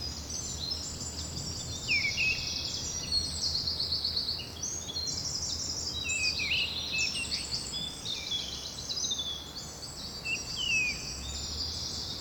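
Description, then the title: Many birds singing together, high buzzy trills and downward-swooping chirps repeating throughout, over a low steady hum. Bird ambience recorded at Rue du Rossignol, Seneffe, Belgium, with a Sony PCM-D100 using its internal microphones. "Rue du Rossignol 7, 7180 Seneffe, Belgique - Birds ambience"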